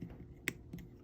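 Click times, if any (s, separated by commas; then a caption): 0.5 s. A phone screen's flex-cable board connector is pressed onto its socket on the phone's logic board during reassembly, snapping in like a lego block. A sharp, bright click lands at 0.5 s, followed by a couple of faint ticks, and the connector is seated.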